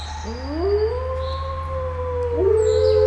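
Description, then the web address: Grey wolf howling, a smooth tone sliding upward and then holding steady, with a second rising howl near the end. Captive Canadian white wolf recorded at the zoo in Nyíregyháza in 2019. "2019 kanadai feher farkas nyiregyhaza"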